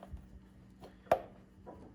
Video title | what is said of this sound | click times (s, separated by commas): John Deere X580 Home Maintenance Kit - Part 4 Spark Plugs | Make sure you hear it snap in lightly. | 1.1 s